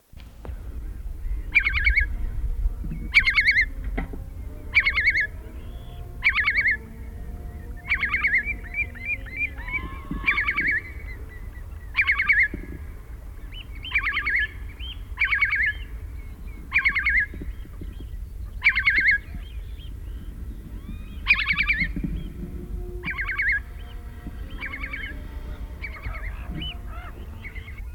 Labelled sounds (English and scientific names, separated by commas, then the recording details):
Eurasian Curlew (Numenius arquata) call
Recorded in the wild
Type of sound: call
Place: Insel Kirr, Barther Bodden, Mecklenburg-Vorpommern, DE
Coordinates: 54.421, 12.705
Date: 1970-05-24
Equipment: Nagra III BH, Sennheiser MD 421
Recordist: Schubert, Michael
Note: Gr. Brachvogel ruft (ungelöschte Reste!!!) (24. - 25. 5. 1970)